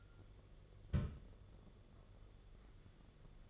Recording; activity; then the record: daily activity, microphone in the room; place on stove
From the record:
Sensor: 4